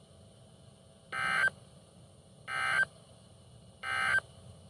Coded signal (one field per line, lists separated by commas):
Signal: Emergency Alert System (SAME) tones